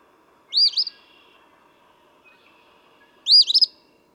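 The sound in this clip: Eastern phoebe singing two harsh, stuttering song phrases about three seconds apart, the second with more rapid broken notes, over a quiet background.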